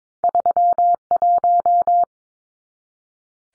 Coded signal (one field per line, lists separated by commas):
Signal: Morse code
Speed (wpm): 22 wpm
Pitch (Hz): 700 Hz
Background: none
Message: 31